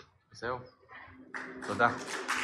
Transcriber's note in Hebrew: מחיאות כפיים